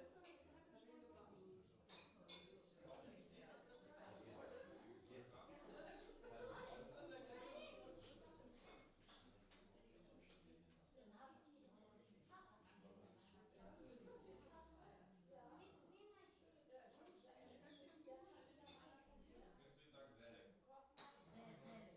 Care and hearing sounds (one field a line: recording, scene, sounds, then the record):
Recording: everyday scene through a hearing-aid microphone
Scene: many people talking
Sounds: many voices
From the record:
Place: parish hall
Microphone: in the ear canal, left